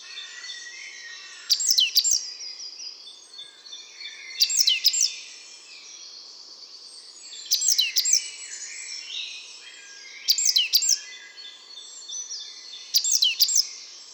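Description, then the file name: Great tit calls in short bursts of high, sharp descending notes with clicking onsets, repeated about every three seconds over a faint background wash. "Parus major"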